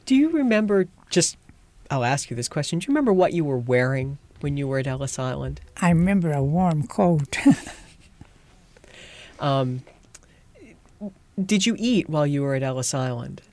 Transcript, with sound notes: Do you remember just, I'll ask you this question, do you remember what you were wearing when you were at Ellis Island?
I remember a warm coat. ( she laughs )
Did you eat while you were at Ellis Island?